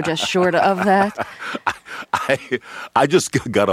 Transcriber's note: soundbite of laughter